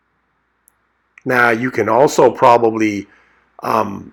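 A plastic fuel line retaining clip on a 2000 Ford Ranger V6 3.0L XLT is rotated to another section of the hose and pushed back into the fuel filter hose openings. A single sharp click at 0.7 s shows it snapping into place, seated. Someone then talks.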